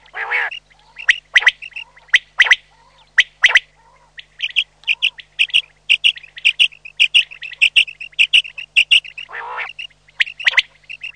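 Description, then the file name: Common quail calls: a harsh nasal note opens, then many short clipped notes, with another harsh note near the end. "QUAGLIA"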